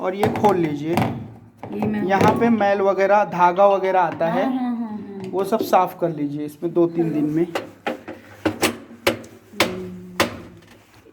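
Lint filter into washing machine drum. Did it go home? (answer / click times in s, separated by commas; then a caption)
yes / 10.2 s. A washing machine's plastic lint and thread filter is pressed open with a finger, cleaned, and pushed back into the drum while someone talks. Several sharp knocks follow near the end, and the filter locks back in place at 10.2 s.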